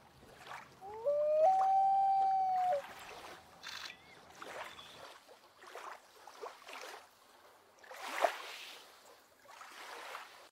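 Loon wail: a single long, steady, mournful note held for about two seconds, followed by softer scattered sounds and faint water noise.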